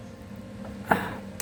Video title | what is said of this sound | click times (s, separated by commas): Carburetor Install - Bobcat Zero Turn - Kawasaki Engine #howto | now it's clicked in. | 0.9 s, 1.4 s